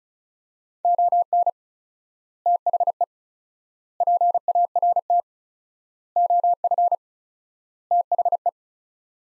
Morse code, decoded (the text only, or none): ON THE PART OF THE